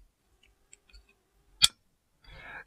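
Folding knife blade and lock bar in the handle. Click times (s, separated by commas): 1.6 s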